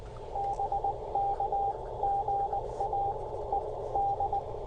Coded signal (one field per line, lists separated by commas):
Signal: Morse code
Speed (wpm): 20 wpm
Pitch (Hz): 800 Hz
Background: radio noise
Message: BK GA ED